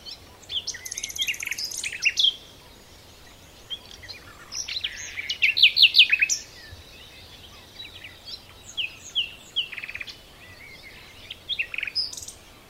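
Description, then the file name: Common nightingale delivering varied song phrases with trills, liquid whistles and quick repeated notes, with a loud burst near the middle and scattered softer phrases around it. "Luscinia megarhynchos"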